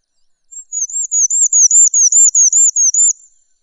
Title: Suara Burung Branjangan